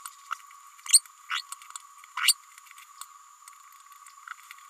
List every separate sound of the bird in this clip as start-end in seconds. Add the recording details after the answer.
0.92-1.01, 1.29-1.42, 2.17-2.34. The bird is a female. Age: 29 days. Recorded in a nest box in Venezuela. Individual 17B102A5